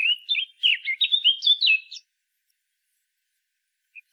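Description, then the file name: Eurasian blackcap giving a two-second phrase of clear, fluty, rising and falling whistles, followed by silence and one faint final note. "Sylvia atricapilla"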